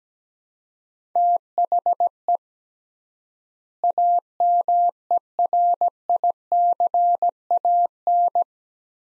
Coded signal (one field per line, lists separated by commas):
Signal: Morse code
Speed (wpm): 17 wpm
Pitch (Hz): 700 Hz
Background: none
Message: THE AMERICAN